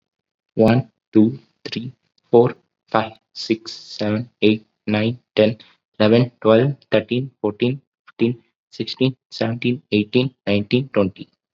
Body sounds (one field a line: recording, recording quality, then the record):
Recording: counting at a normal pace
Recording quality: excellent, no background noise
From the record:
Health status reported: COVID-19 positive, mild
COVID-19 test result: positive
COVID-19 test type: rapid antigen test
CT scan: not taken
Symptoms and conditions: cough, fever, another condition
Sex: male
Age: 30 years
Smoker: no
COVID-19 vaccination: none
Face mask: worn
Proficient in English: yes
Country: India